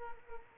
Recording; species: mosquito wingbeat signal from an infrared sensor; Culex quinquefasciatus